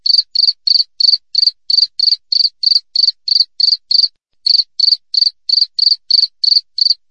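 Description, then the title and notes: Cricket chirping, a steady high-pitched pulsed chirp repeated about three times per second, with one brief pause midway; no other sounds. Natural wild cricket sound, clear with tightly spaced chirps, used as a master recording for training songbirds and for repelling rats. "Masteran Jangkrik Alam Jernih, Jeda Rapat Cocok Untuk Masteran Burung Dan Mengusir Tikus. suara jangkrik"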